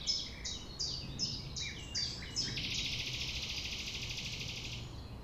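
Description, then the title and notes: Common nightingale song: a quick run of descending chirped notes, then a long, loud buzzy trill. A low hum sits underneath. Recorded at 6 a.m. at sunrise near the Thève river; the nightingale sings without waiting for silence. "6 A.M. Lever du soleil non loin de la Thève au Champ de Ménage. Le rossignol n'attend pas le silence."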